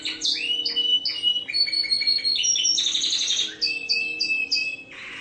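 Bird song with fast whistled slurs, pure held notes and harsh buzzy bursts, delivered in a lively unbroken medley.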